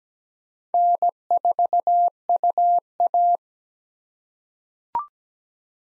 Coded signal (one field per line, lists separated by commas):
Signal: Morse code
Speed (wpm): 17 wpm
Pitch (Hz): 700 Hz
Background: none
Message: N4UA